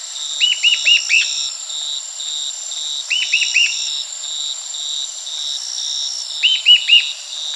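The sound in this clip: Bird gives three short bursts of a few slurred chirps, separated by pauses, over a continuous rhythmic insect chorus.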